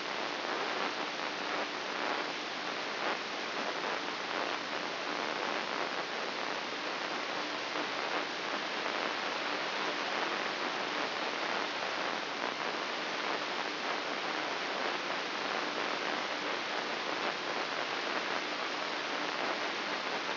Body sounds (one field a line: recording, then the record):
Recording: brain microelectrode recording played as sound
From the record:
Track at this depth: outside the subthalamic nucleus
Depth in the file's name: 6.661 mm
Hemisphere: left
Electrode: 3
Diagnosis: Parkinson's disease